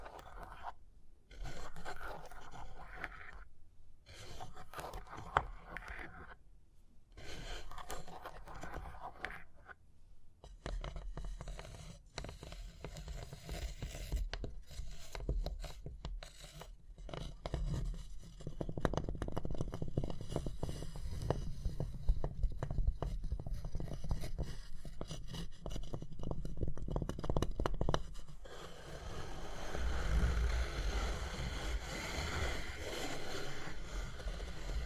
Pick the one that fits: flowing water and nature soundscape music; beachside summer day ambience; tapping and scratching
tapping and scratching